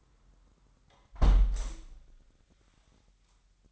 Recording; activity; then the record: daily activity, microphone in the room; close window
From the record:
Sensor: 3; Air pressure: 998.7 hPa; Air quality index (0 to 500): 131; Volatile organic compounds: 4 ppm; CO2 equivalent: 1566 ppm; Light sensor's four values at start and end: 8/20/8/9 and 8/19/8/8